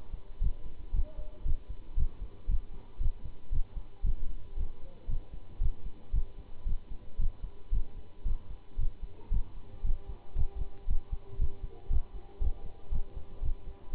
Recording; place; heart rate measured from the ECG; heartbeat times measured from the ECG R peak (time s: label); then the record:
heart sounds by stethoscope; between the tricuspid and mitral areas; 115 bpm
0.42 s: heartbeat
0.94 s: heartbeat
1.46 s: heartbeat
1.98 s: heartbeat
2.49 s: heartbeat
3.01 s: heartbeat
3.53 s: heartbeat
4.05 s: heartbeat
4.57 s: heartbeat
5.09 s: heartbeat
5.61 s: heartbeat
6.14 s: heartbeat
6.67 s: heartbeat
7.19 s: heartbeat
7.73 s: heartbeat
8.26 s: heartbeat
8.79 s: heartbeat
9.32 s: heartbeat
9.85 s: heartbeat
10.37 s: heartbeat
10.88 s: heartbeat
11.39 s: heartbeat
11.91 s: heartbeat
12.42 s: heartbeat
12.92 s: heartbeat
13.43 s: heartbeat
13.94 s: heartbeat
From the record:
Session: Bruce protocol treadmill stress test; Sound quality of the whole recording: good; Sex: male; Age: 25 years